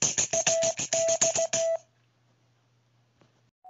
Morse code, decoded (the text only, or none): AX